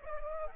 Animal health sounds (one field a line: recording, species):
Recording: mosquito wingbeat signal from an infrared sensor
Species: Aedes aegypti